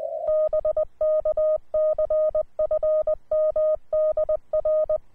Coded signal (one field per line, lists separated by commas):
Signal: Morse code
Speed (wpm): 20 wpm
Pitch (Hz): 620 Hz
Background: none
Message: BK CFM DR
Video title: OK1IF/QRP Rig: uSDX